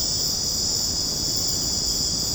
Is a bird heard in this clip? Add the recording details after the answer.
no. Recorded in secondary vegetation near Puerto Asís, Putumayo, Colombia, on 12 March 2025 at 22:00. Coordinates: 0.481, -76.318. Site G097